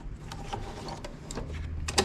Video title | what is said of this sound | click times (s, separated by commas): Brother NQ3600D Overview by Ken's Sewing Center in Muscle Shoals, AL | I lock it down, I never have to worry about it coming off. | 1.9 s, 2.0 s